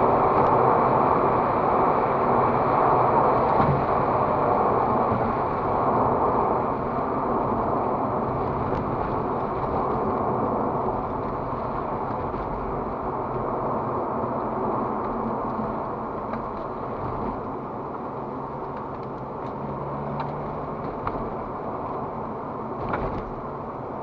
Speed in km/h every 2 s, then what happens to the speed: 122, 122, 96, 86, 74, 72, 68, 68, 47, 47, 52, 52.
2-16 brakes to 47. 16-24 steady at about 47.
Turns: none.